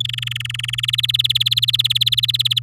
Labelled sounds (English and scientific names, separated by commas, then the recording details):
Domestic Canary (Serinus canaria) song
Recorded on 10 May 2018 at 09:40
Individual llb16